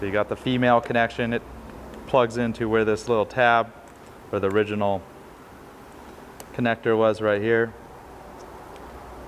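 Someone talks while handling the male plug of a running-light wiring kit next to the female plastic connector on a Genuine Buddy scooter's wiring harness, with a low steady background hum between phrases. The plug has not yet been pushed home, and nothing has seated or clicked yet.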